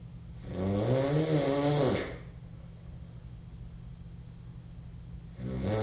Snore male nasal obnoxious.